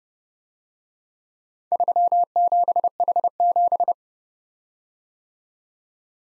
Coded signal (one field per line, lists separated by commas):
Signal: Morse code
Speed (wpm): 30 wpm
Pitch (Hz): 700 Hz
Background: none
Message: 37H7